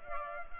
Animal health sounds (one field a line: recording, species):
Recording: mosquito wingbeat signal from an infrared sensor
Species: Culex pipiens